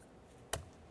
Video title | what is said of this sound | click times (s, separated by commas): Door Lock Actuator & Latch 2001-2005 Ford Explorer Sport Trac | Line it up, latch it in. | 0.5 s